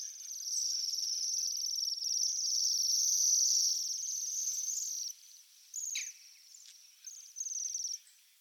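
Bohemian waxwing giving high, thin, sibilant trills, a long continuous stretch then shorter separated bursts, with a brief lower downward note.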